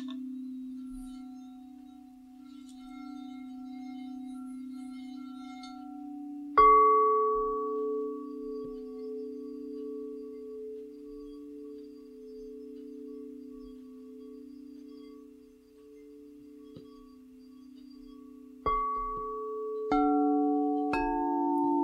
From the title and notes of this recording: A Relaxing and Soothing Sound Bath.